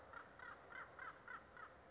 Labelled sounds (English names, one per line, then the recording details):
Acorn Woodpecker
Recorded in Sonoma County, California